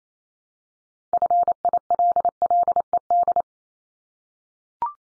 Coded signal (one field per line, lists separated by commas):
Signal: Morse code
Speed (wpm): 28 wpm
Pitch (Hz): 700 Hz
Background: none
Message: FILLED